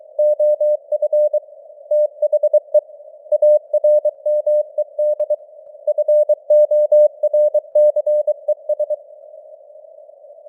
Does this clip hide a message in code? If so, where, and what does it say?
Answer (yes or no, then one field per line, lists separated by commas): yes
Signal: Morse code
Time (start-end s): 0.2-8.9 s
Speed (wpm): 23 wpm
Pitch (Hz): 600 Hz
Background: none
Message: OF THE ARMED FORCES